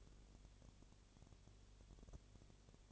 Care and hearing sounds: daily activity, microphone in the room; no activity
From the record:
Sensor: 4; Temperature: 22.6 degrees Celsius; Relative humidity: 32.0%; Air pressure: 1008.1 hPa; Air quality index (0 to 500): 114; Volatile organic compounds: 2 ppm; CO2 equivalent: 1103 ppm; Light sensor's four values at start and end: 2/3/1/1 and 2/3/1/1

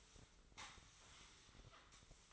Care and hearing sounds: daily activity, microphone in the room; sweep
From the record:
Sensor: 3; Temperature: 24.8 degrees Celsius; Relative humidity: 38.3%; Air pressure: 1003.1 hPa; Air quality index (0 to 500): 196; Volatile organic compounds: 6 ppm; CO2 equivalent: 1913 ppm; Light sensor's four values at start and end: 15/35/15/16 and 15/35/15/16

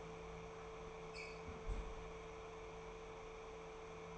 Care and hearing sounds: daily activity, microphone in the room; close fridge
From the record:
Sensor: 1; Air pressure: 1015.0 hPa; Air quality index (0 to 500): 193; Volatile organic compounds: 21 ppm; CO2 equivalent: 2736 ppm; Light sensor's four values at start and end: 9/23/9/10 and 9/23/9/10

